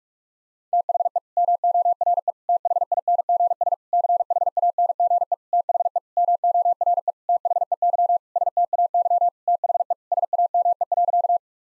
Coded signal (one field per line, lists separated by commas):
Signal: Morse code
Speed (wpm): 46 wpm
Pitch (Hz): 700 Hz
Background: none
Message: THE MORE THINGS CHANGE THE MORE THEY STAY THE SAME.